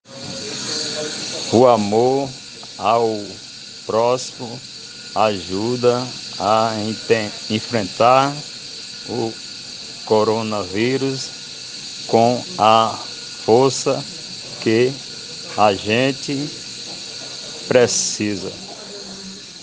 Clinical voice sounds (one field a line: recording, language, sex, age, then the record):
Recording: spoken sentence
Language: Brazilian Portuguese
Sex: male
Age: 50 to 59 years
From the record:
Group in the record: respiratory insufficiency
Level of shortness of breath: 5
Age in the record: 54 years